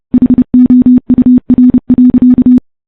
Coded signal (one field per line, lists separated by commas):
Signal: Morse code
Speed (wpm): 30 wpm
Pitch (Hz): 250 Hz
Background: none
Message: HOUR.